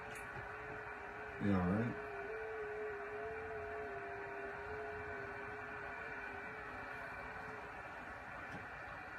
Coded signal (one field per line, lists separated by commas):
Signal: FT8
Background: speech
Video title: 05-05-2024 FT8 FT4 debut with VE3ARF and VA3EWV on the Yaesu FT-991